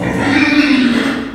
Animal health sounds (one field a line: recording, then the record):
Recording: squeal of a Yucatan mini pig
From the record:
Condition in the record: after surgery on the right vocal fold (resection and tissue-engineered implant)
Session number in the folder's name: 4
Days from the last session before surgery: 26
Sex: female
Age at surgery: 19 weeks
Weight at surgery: 25 kg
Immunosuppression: prednisolone